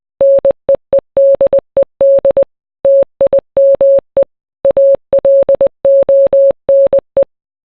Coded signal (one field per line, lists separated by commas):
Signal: Morse code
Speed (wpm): 20 wpm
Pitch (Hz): 550 Hz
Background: none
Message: NEEDED TIME ALONE